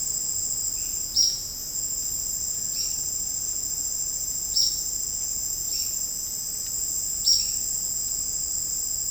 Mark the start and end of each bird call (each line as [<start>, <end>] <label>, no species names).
[1.15, 1.38] bird call
[2.74, 2.90] bird call
[4.50, 4.80] bird call
[5.66, 5.89] bird call
[7.23, 7.47] bird call